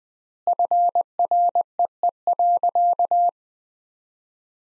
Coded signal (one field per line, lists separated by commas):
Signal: Morse code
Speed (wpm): 20 wpm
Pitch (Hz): 700 Hz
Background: none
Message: FREE.